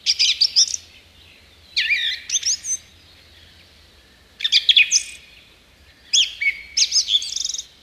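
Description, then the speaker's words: Song thrush song: several bursts of bright, varied whistled and chattering phrases separated by short pauses, with a faint low hum beneath. A listener's request; often mistaken for a thrush nightingale. "Jep, nyt kiipeää tuonne radiomaaston ylimpään haarukkaan laulurasta. ja kajauttaa koko Suomeen meidän kaikkien iloksi."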